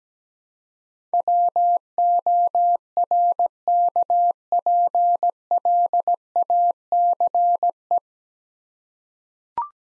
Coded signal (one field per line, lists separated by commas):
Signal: Morse code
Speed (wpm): 17 wpm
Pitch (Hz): 700 Hz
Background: none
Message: WORKPLACE